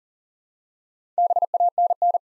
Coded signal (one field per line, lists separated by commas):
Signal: Morse code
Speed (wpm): 41 wpm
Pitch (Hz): 700 Hz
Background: none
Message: BANN